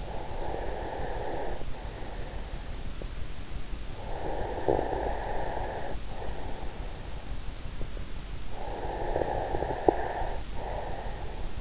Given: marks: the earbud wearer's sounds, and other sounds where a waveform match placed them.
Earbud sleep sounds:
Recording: sounds in sleep by an in-ear microphone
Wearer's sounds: breath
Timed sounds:
0.00-3.19 s: breath
3.71-7.16 s: breath
8.60-11.61 s: breath

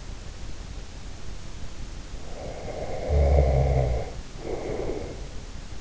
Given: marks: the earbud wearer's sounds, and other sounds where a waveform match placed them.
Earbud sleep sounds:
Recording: sounds in sleep by an in-ear microphone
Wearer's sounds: snoring breath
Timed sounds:
2.06-5.35 s: snoring breath

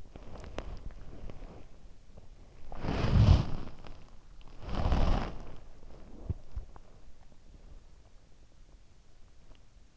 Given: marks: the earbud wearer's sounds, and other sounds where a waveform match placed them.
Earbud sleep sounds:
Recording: sounds in sleep by an in-ear microphone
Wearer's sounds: body movement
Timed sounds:
0.00-8.49 s: body movement

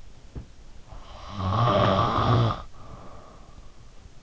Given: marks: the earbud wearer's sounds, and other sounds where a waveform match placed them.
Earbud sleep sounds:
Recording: sounds in sleep by an in-ear microphone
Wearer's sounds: snoring breath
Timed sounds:
1.00-3.73 s: snoring breath

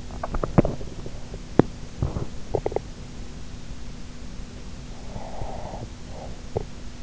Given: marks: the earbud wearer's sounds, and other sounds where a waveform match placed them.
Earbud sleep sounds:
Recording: sounds in sleep by an in-ear microphone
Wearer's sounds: teeth grinding, breath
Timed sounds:
0.43-2.88 s: teeth grinding
5.12-6.81 s: breath

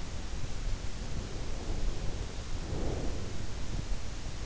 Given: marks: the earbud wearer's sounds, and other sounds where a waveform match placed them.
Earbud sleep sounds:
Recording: sounds in sleep by an in-ear microphone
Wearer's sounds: breath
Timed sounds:
1.17-3.64 s: breath

